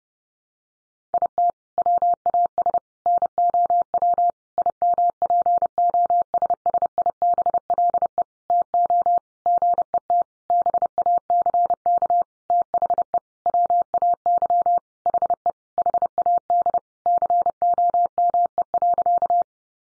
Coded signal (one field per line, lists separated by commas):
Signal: Morse code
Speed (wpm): 30 wpm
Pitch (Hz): 700 Hz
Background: none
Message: IT WAS NOW IMPOSSIBLE TO GET BACK THE WAY HE HAD COME.